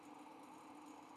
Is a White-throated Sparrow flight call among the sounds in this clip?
no